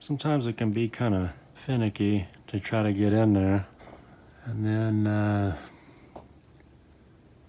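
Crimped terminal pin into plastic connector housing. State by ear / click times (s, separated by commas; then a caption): seated / 6.2 s. Someone talks while pushing a crimped wire terminal pin into a plastic connector housing for a homemade wire connector. A short click is heard at 6.2 s, followed by two fainter ticks. The pin is seated all the way in the housing.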